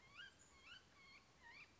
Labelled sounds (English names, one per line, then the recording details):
Black-headed Grosbeak
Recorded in Sonoma County, California